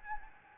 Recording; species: mosquito wingbeat signal from an infrared sensor; Anopheles arabiensis